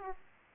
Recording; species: mosquito wingbeat signal from an infrared sensor; Aedes aegypti